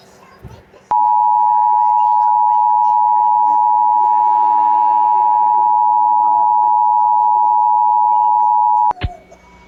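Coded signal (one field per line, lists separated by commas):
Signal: Emergency Alert System (SAME) tones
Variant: 853 and 960 Hz attention tone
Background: speech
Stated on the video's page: Real flash flood warning.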